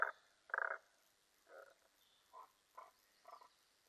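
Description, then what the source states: Tago's brown frog calls: several separate grating croaks, two loud ones first, then softer calls at uneven intervals. Recorded 15 May 2005.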